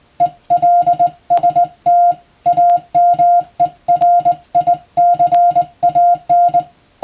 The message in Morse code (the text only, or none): ELST AMERICAN